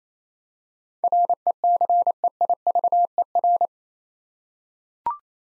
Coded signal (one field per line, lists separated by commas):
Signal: Morse code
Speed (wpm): 27 wpm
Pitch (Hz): 700 Hz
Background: none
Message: RECEIVER